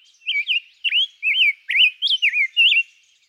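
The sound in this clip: Rose-breasted grosbeak song, a short burst of several rich whistled notes that rise and dip in a smooth, liquid phrase.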